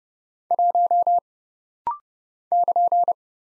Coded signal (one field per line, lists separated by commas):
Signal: Morse code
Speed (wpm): 30 wpm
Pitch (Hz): 700 Hz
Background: none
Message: 1 <KN>